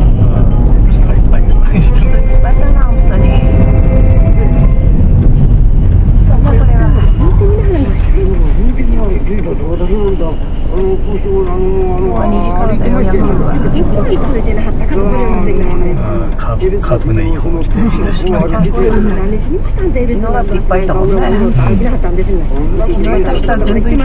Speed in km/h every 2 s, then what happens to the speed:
45, 36, 22, 8, 0, 0, 0, 0, 0, 0, 0, 0.
0-8 brakes to 0. 8-24 standing.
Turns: none.